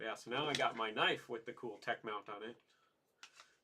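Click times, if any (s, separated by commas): 3.2 s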